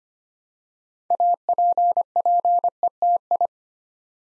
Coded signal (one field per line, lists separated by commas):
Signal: Morse code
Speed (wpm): 25 wpm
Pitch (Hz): 700 Hz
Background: none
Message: APPETI